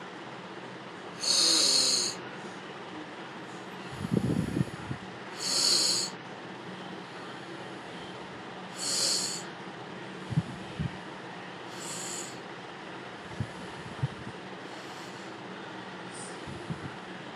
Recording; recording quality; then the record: deep breathing; excellent, no background noise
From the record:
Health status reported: healthy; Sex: male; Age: 42 years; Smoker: yes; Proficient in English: yes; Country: India